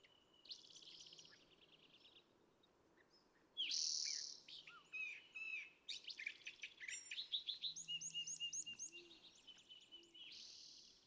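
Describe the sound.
California thrasher song, a varied run of high buzzy notes, trills and quick upswept whistles, growing louder about a third of the way through.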